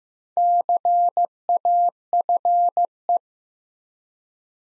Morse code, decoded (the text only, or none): CAFE